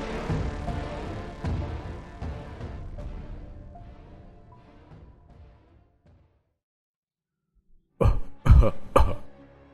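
Several thick, phlegmy coughs burst out loudly in quick succession near the end, heard in a classroom, following a stretch of dense, rumbling background sound that fades into silence.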